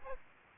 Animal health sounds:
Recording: mosquito wingbeat signal from an infrared sensor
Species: Aedes aegypti

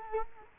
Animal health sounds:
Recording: mosquito wingbeat signal from an infrared sensor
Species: Culex quinquefasciatus

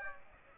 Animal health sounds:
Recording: mosquito wingbeat signal from an infrared sensor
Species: Aedes aegypti

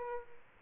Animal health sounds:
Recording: mosquito wingbeat signal from an infrared sensor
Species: Aedes albopictus

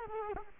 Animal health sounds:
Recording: mosquito wingbeat signal from an infrared sensor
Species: Culex quinquefasciatus

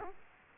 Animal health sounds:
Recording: mosquito wingbeat signal from an infrared sensor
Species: Culex quinquefasciatus

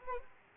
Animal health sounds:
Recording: mosquito wingbeat signal from an infrared sensor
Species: Anopheles arabiensis

